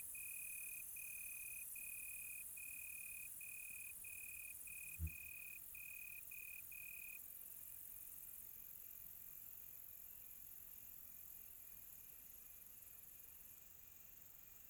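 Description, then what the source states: Cricket giving a run of short pulsed chirps that fades out after about seven seconds, with a single low thump partway through and a high hiss behind. Quiet tropical night.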